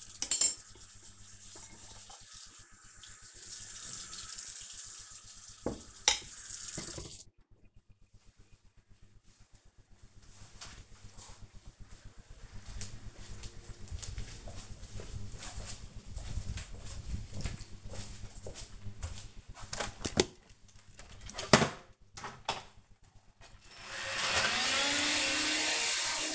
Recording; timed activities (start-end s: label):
household activities, microphone on the right wrist
0.00-7.33 s: washing dishes
21.41-26.35 s: vacuum cleaning